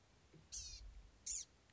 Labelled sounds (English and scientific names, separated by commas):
Blue-gray Gnatcatcher (Polioptila caerulea)